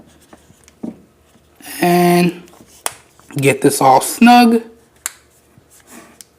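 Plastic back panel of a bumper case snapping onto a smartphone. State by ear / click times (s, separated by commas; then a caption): seated / 5.1 s, 6.2 s. A clear plastic back panel of a rugged yDreamj bumper case is pressed onto a Samsung Galaxy S8 smartphone and worked around the edges while someone talks. Sharp snaps at 5.1 s and 6.2 s mark the panel clicking into place, leaving it seated on the phone.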